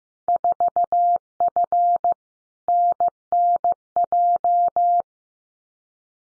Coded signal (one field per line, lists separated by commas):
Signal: Morse code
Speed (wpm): 15 wpm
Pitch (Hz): 700 Hz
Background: none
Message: 4F NNJ